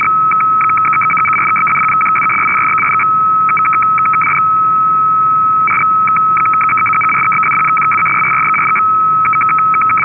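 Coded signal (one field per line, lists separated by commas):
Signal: numbers station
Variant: F06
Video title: F06 16236kHz 17:00UTC - Digital Numbers Station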